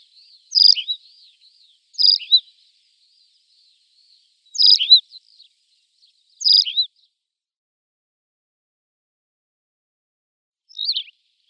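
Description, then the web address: Tawny pipit repeating short chirped song phrases, some doubled with a second quick note, irregularly spaced, with a thin faint twittering between the first phrases. "Schulze Peter Tawny Pipit song"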